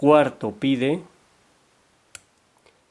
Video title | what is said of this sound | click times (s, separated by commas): S003 TUTORIALES DE GANZUADO BÁSICO - FUNDAMENTOS DEL GANZUADO - sub eng | ahí hace un clic | 2.1 s